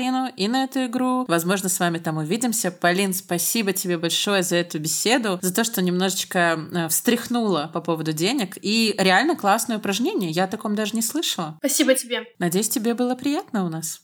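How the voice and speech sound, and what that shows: A woman speaks Russian fluently and warmly, thanking a guest at the close of a talk; ordinary speech.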